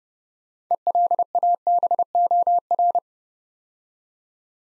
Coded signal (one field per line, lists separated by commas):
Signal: Morse code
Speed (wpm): 30 wpm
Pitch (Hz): 700 Hz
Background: none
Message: ELABOR